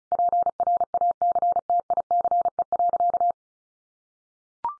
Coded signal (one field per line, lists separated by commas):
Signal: Morse code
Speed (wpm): 34 wpm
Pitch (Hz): 700 Hz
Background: none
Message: PRACTICE.